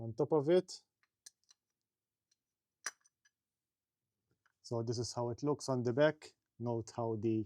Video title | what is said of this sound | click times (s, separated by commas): Yamaha XMAX variator rollers replacement | those little plastic tabs that we inserted just now, they go through this little notch and it locks into place. | 2.9 s